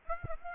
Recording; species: mosquito wingbeat signal from an infrared sensor; Aedes aegypti